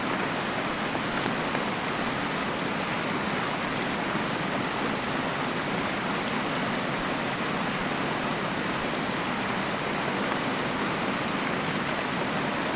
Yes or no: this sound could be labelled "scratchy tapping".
no